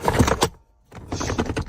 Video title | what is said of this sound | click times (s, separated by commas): Baby Trend EZ-Lift™ PLUS Infant Car Seat Base | just locks into place. | 0.4 s